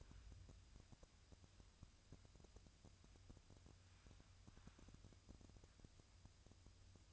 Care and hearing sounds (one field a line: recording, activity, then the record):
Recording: daily activity, microphone in the room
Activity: wipe stove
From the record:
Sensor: 2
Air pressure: 1004.7 hPa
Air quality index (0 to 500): 73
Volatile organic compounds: 1 ppm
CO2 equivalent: 860 ppm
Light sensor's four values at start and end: 7/16/7/7 and 7/16/6/7